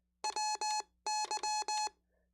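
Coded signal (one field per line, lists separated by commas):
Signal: Morse code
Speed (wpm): 20 wpm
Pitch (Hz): 850 Hz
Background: none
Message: WY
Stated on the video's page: CW practice during a live stream.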